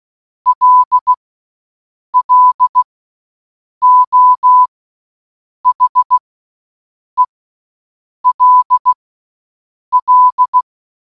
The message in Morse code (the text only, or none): LLO HELL